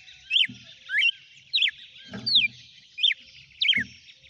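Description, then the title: Red-cowled cardinal song of short bright whistled notes, some falling and some rising, given in quick succession, with dull knocking sounds underneath. "Canto Galo Campina Fêmea 07. GALO DE CAMPINA CANTANDO e BATENDO FOGO?"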